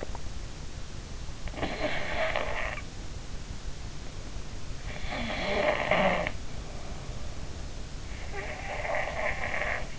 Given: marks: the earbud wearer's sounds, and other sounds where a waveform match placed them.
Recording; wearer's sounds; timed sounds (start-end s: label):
sounds in sleep by an in-ear microphone; swallowing, snoring breath
0.00-0.42 s: swallowing
1.50-2.83 s: snoring breath
4.91-6.37 s: snoring breath
8.32-9.95 s: snoring breath